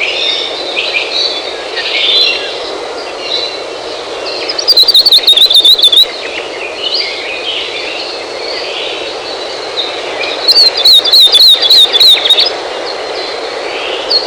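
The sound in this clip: Hawaii akepa giving two high, fast trills several seconds apart, against constant rushing background noise.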